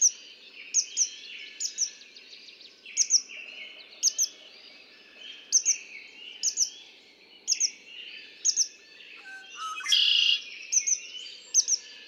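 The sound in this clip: Red-winged blackbird song, a harsh buzzing trill heard near the end, after many paired high chirps that repeat about every second.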